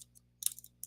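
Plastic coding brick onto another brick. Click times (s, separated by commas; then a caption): 0.8 s. A plastic coding brick is pressed onto the top of another plastic brick to build a program for a minifigure. A faint tick and then a cluster of small plastic clicks and scrapes are heard over a low steady hum as it is worked into place. A sharp click at 0.8 s marks the brick seating firmly onto the stack.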